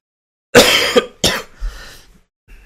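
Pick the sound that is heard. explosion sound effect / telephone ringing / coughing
coughing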